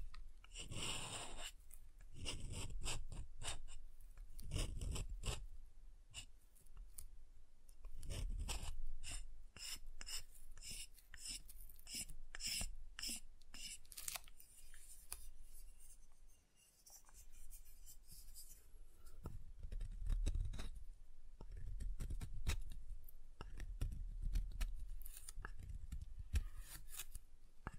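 Soap is tapped and carved in a busy run of crisp scraping strokes and light taps, dense from the start and clustered in quick bursts. A brief quieter stretch comes near sixteen seconds before heavier, thuddier cutting resumes.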